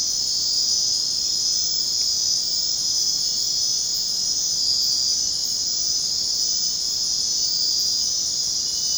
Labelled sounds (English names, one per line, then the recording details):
none
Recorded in dense forest near Puerto Asís, Putumayo, Colombia, on 22 June 2025 at 23:00
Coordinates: 0.499, -76.324
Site G100